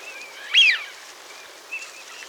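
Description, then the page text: Eurasian Wigeon whistle: one clear, rising-then-falling whee-oo, with fainter whistles before and after over steady background hiss. "Eurasian Wigeon Calls. Quick Sounds"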